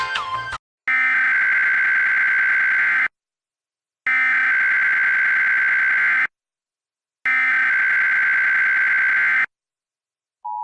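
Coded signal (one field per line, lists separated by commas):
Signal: Emergency Alert System (SAME) tones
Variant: header bursts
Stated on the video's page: Mock civil emergency message using valid EAS tones, a fictional deviousness warning.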